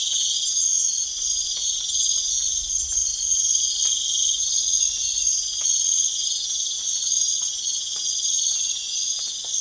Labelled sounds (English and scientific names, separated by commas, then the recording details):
none
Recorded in pastures near Puerto Asís, Putumayo, Colombia, on 27 June 2025 at 02:00
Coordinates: 0.502, -76.324
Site G010